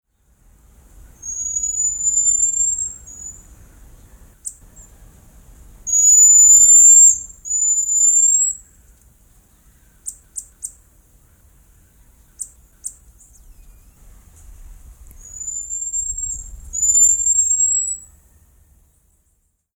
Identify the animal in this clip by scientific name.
Callithrix jacchus